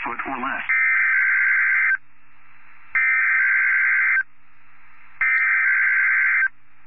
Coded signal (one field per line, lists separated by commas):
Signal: Emergency Alert System (SAME) tones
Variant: header bursts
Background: speech